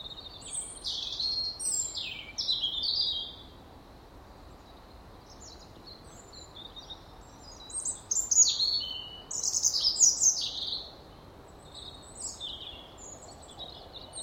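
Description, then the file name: European robin delivers high, sparkling phrases of rapid, jumbled notes and thin trills, first near the start, then again after a long quiet gap. "Erithacus rubecula"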